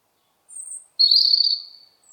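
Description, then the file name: European robin giving a very short fragment: a thin high whistle followed by a sustained, slightly quavering note that fades away. "Erithacus rubecula"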